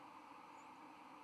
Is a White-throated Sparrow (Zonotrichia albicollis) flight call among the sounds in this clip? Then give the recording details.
no. Another species' flight call is heard. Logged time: 02:16 on 31 October 2014